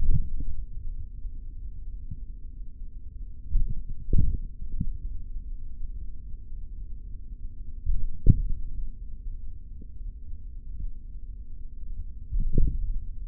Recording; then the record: forearm muscle sounds (acoustic myography)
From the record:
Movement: hand opening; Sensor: system 3, bracelet of six PUI Audio POM-2738L microphones around the upper forearm, with dedicated amplification and filtering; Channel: 3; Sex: male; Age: 26 years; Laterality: right